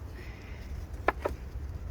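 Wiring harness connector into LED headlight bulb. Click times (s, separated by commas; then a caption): 1.1 s. A plug-and-play wiring harness connector is pushed onto an Auxito LED headlight bulb and snaps into place with a sharp click at 1.1 s, followed by a fainter click at 1.3 s. The connector is seated.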